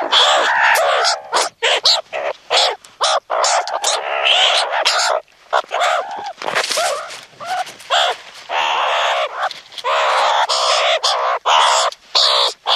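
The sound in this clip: Meerkat calls, nearly unbroken harsh chatter of overlapping squawks and rasps, with only brief gaps across the whole stretch.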